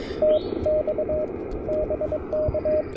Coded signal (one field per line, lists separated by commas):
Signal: Morse code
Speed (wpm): 22 wpm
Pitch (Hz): 610 Hz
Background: radio noise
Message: TX BK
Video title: KH1 Super Portable POTA: Testing the new Elecraft KHRA1 Right-Angle Antenna Adapter!